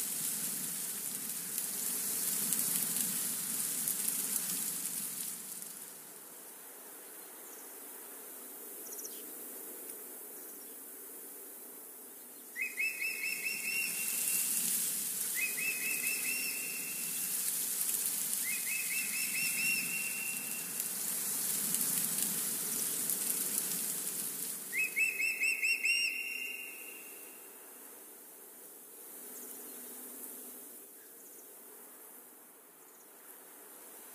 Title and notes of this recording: The windy forest. The wind rustling the leaves, the birds and the cawing of a crow can be heard.